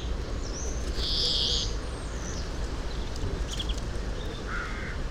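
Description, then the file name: European greenfinch with one buzzy, flat wheeze near the start, a few thin chirps after it and a fainter, lower buzz near the end, all over constant low background rumble. "Chloris chloris"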